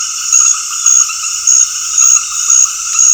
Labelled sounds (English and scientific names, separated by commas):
none